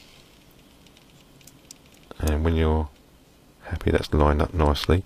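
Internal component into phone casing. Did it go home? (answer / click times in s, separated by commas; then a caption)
no / none. An internal component is carefully lined up in a Lumia 920 phone casing before being pushed home, with a few faint light taps and handling sounds between about 0.9 and 2.0 s. Someone then talks. Nothing has seated or clicked yet.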